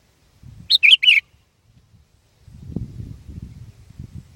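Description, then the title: Sooty-headed bulbul giving one brisk three-note phrase, bright and slightly falling, followed by a soft low rumble. "kutilang"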